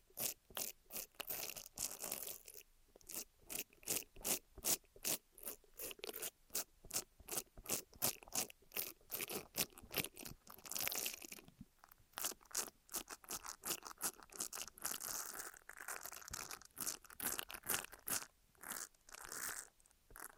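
Ear massage and cleaning sounds: a dense run of quick, crisp rubbing and crunching strokes, bright and scratchy, repeating several times a second throughout. Brief pauses near twelve and eighteen seconds give way to softer, smoother brushing before the rapid strokes return.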